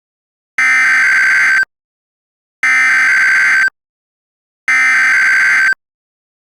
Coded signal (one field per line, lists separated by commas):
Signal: Emergency Alert System (SAME) tones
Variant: header bursts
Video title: eas mock: ZZZTT (inspired from cloudysoftwx’s mock, check it out)